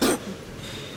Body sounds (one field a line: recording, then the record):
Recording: coughing mixed with background sound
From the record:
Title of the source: 60 coughing still (deep and wet cough)